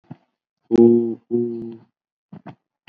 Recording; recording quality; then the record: sustained vowel as in boot; poor, much background noise or distortion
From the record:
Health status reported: COVID-19 positive, mild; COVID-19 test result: positive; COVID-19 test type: RT-PCR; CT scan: not taken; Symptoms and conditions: cough, cold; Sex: male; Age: 22 years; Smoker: no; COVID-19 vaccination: one dose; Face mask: worn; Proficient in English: yes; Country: India